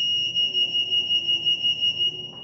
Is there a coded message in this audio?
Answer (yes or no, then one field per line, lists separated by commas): no